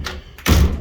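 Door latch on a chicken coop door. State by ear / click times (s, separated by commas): not seated / none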